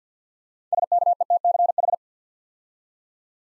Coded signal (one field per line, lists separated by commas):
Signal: Morse code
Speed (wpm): 50 wpm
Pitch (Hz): 700 Hz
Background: none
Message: SKETCH